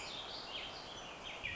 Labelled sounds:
Warbling Vireo
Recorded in Sonoma County, California

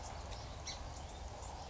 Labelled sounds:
Song Sparrow
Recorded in Sonoma County, California

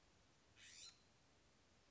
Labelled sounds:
California Scrub-Jay
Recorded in Sonoma County, California

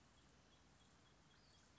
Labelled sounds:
Western Flycatcher
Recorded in Sonoma County, California

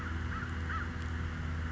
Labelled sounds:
American Crow
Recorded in Sonoma County, California

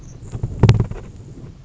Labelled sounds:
Grasshopper Sparrow
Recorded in Sonoma County, California

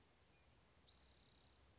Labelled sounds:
Spotted Towhee
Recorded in Sonoma County, California

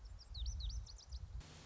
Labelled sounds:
Lazuli Bunting
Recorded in Sonoma County, California

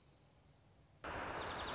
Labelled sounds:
Dark-eyed Junco
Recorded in Sonoma County, California

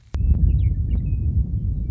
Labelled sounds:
Western Meadowlark
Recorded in Sonoma County, California

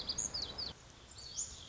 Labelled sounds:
Lazuli Bunting
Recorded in Sonoma County, California

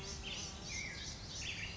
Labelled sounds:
Black-headed Grosbeak
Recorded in Sonoma County, California

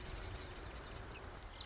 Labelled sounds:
Marsh Wren
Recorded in Sonoma County, California

